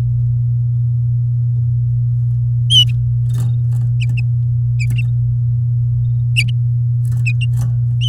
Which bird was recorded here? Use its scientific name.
Serinus canaria